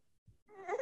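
Brief infant hunger cry that opens with a slightly nasal 'neh' sound. The 'N' comes from the sucking reflex, as the tongue presses to the roof of the mouth and then down. This cry is typical of newborns up to about 4 months of age.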